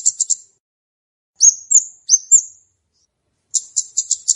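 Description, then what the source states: Flowerpecker (Cabe-cabean): flowerpecker giving very high, thin ticking notes in quick clusters, with a few short upslurred chips between, separated by brief silences. Calls for luring birds.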